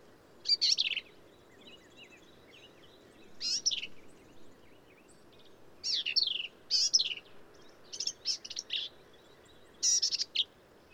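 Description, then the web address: Black-capped vireo song: short, quick phrases of high, slurred, chattering notes, given in bursts a few seconds apart, with brief pauses between. "birdsongforthecurious Black-capped Vireo"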